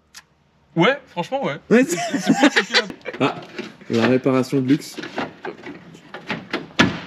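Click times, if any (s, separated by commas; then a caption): 6.3 s, 6.5 s. A wiring harness connector or clip is pushed together during a harness repair, with sharp clicks at 6.3 s and 6.5 s after someone talks. It is not fully engaged, though it still holds.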